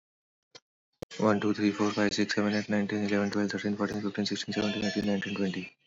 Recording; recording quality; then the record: counting at a fast pace; excellent, no background noise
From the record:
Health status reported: healthy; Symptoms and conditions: none ticked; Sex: male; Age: 40 years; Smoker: not ticked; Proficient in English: yes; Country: India